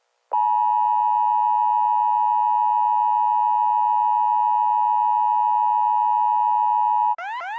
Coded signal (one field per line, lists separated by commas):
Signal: Emergency Alert System (SAME) tones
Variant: 853 and 960 Hz attention tone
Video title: Rating EAS (A-Z) #16